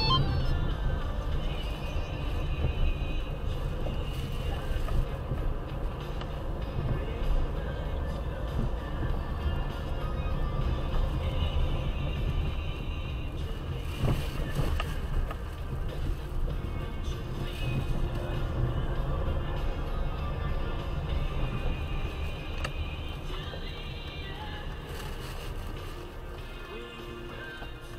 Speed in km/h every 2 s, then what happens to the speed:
18, 19, 17, 16, 18, 21, 20, 13, 10, 14, 18, 19, 13, 2.
0-10 steady at about 18. 10-17 slows to 10. 17-22 speeds up to 19. 22-28 slows to 2.